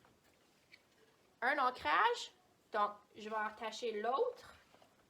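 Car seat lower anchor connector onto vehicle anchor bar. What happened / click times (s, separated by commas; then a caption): Handled, not yet home: no seating click before the clip ends / none. Someone talks while handling the second lower anchor (UAS/LATCH) connector of a forward-facing car seat, getting ready to attach it to the vehicle anchor bar; the other lower anchor connector is already attached. Only faint handling ticks are heard, around 0.1 s and 0.7 s, before the talking. Nothing has seated or clicked yet.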